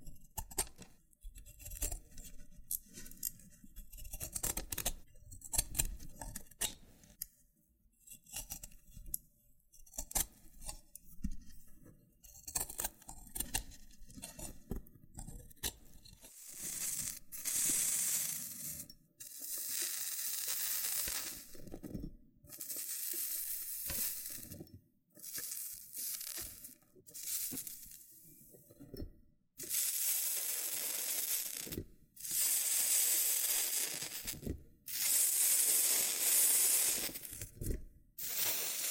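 Loofah scratching and rubbing, with crackly, crunchy peeling textures and small popping clicks. The first half is sparse and low, made of scattered taps and rustles; from about 16 seconds the scraping turns bright, dense and hissy in long strokes separated by short pauses.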